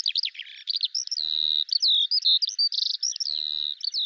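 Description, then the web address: Bird song with quick chirps, a short buzzy rattle, and several drawn-out level whistles mixed into a rapid, unbroken phrase. "Deverinetal 2025 File cleaned normalized Bird Al Ar"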